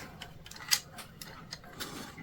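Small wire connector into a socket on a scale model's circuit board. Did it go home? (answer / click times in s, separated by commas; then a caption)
no / none. A small wire connector is pushed onto its socket on a scale model's circuit board, producing a few faint ticks and light plastic taps, the sharpest near 0.7 s. No click times are given, and the connector has not seated; it is not fully plugged in and does not go all the way in.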